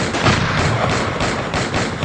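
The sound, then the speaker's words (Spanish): A dense, continuous roar of explosion effects from the commercial version of the film Callejón sin salida, directed by Peter Garcilaso, rumbles for about two seconds, with heavy low-end booms and crackling bursts blending into one loud wash of noise, no voices. “En la versión comercial se llama Callejón sin salida y abusa de las explosiones, los efectos especiales y las grandes estrellas.”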